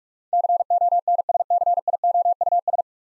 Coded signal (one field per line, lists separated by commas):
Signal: Morse code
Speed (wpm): 44 wpm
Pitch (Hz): 700 Hz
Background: none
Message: CONSCIOUS